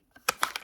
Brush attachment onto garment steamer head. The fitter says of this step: click see make sure it clicks in see